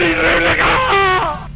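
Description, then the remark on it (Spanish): The video game character Raiden lets out a loud, drawn-out shouted battle cry, one sustained voiced yell whose pitch wavers and rises before trailing off at the end. “Pinche grito de Raider.”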